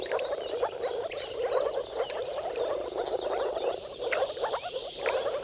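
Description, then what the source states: Moor frogs calling en masse in a soft, gurgling chorus. Dawn chorus of many moor frogs giving mating calls at sunrise, at the turn of March and April, timing depending on the weather.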